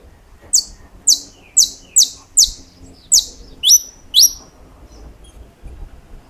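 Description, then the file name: Saffron finch giving a series of high chips that slur downward, ending with a couple of longer two-part notes. "Canto-do-Canário-da-Terra"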